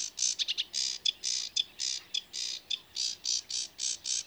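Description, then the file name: Sedge warbler song of harsh, scratchy churring notes in quick, rhythmic bursts with short clicking notes between them. "Rietzanger"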